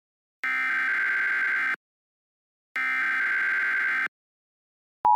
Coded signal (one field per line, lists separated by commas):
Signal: Emergency Alert System (SAME) tones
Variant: header bursts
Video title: eas